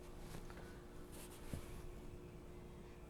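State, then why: Not seated. A tool hook is slid along a wall-mounted organizer rail to the end position, ahead of being snapped into place. Faint scraping and handling noise runs over a steady low hum, with a brief soft tap near 0.5 s and a dull thump around 1.5 s. The hook has not snapped in or clicked yet.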